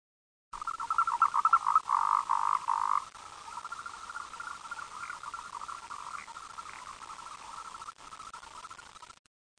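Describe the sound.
Frog croaking: a rapid, pulsing trill repeated in quick bursts, loud for the first few seconds, then continuing softer and steady to the end.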